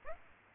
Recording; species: mosquito wingbeat signal from an infrared sensor; Aedes aegypti